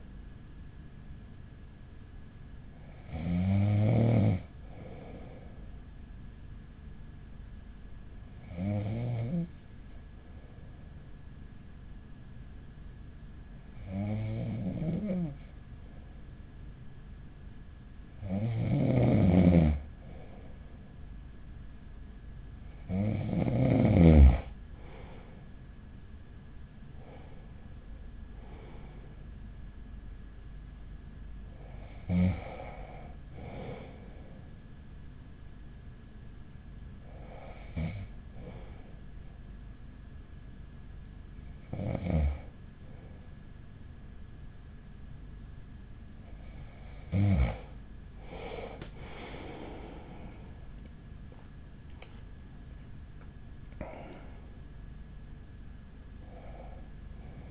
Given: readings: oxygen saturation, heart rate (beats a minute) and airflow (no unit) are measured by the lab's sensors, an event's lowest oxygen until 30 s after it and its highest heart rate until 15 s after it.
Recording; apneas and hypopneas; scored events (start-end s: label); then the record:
breathing in sleep by a smartphone at the bedside; 2
1.00-31.00 s: new sleep stage, N2 (light sleep)
7.00-26.80 s: hypopnea (N2, oxygen 95% highest, then 94% lowest, heart rate 41 at the start, 46 highest)
31.00-57.51 s: new sleep stage, N1 (lightest sleep)
37.00-50.30 s: hypopnea (N1, oxygen 95% highest, then 95% lowest, heart rate 42 at the start, 56 highest)
From the record:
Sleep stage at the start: N1 (lightest sleep); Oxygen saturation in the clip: 94 to 95%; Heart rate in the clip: 39 to 51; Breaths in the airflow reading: 13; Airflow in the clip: -8.8 to 12.3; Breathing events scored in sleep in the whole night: 207 in 7.6 hours asleep